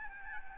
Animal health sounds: mosquito wingbeat signal from an infrared sensor; Aedes albopictus

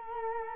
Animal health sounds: mosquito wingbeat signal from an infrared sensor; Culex quinquefasciatus

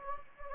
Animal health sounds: mosquito wingbeat signal from an infrared sensor; Anopheles gambiae

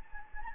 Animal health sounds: mosquito wingbeat signal from an infrared sensor; Anopheles gambiae

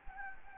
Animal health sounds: mosquito wingbeat signal from an infrared sensor; Anopheles gambiae

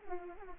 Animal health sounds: mosquito wingbeat signal from an infrared sensor; Anopheles arabiensis

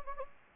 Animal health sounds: mosquito wingbeat signal from an infrared sensor; Anopheles gambiae

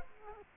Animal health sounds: mosquito wingbeat signal from an infrared sensor; Culex quinquefasciatus

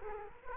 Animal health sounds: mosquito wingbeat signal from an infrared sensor; Culex quinquefasciatus

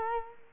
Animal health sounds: mosquito wingbeat signal from an infrared sensor; Culex quinquefasciatus

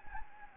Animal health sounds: mosquito wingbeat signal from an infrared sensor; Anopheles gambiae

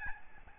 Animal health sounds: mosquito wingbeat signal from an infrared sensor; Aedes albopictus

